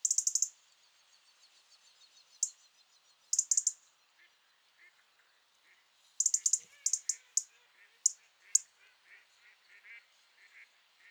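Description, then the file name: European robin tick calls, sharp high clicks in rapid clusters repeated at short intervals, with faint twittering notes behind. "Erithacus rubecula"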